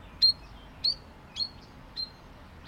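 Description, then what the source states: Spotted Sandpiper calls: several thin, high whistled notes repeated evenly. Shorebird that can show up in little puddles along the side of a street; a ground gleaner looking for food in a marsh.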